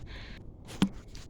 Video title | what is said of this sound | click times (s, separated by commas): 2002 Ford Ranger 2.3L Valve Cover Gasket Replacement Part 4 - Reassembly | Okay, it'll make a little click noise, and then you'll just | 0.8 s